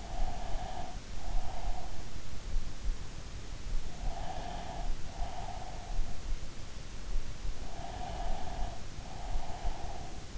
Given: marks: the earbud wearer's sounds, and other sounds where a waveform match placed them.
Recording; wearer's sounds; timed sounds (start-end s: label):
sounds in sleep by an in-ear microphone; breath
0.00-2.06 s: breath
3.80-6.19 s: breath
7.99-10.38 s: breath